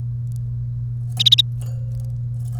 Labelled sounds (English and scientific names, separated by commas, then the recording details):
Domestic Canary (Serinus canaria) song
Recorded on 1 May 2018 at 09:08
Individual llb3